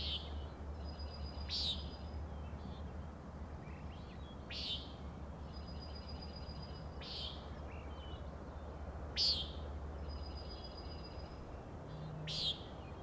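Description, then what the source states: Common nighthawk peenting, five short buzzy calls every two and a half to three seconds or so, interspersed with faint high trilled and whistled notes of other birds and a low hum. Three birds giving peenting calls, flying in close follow-the-leader formation near recordist; Schoodic Head overlook, Acadia National Park, Winter Harbor, Maine; 16 June 2017, 4am.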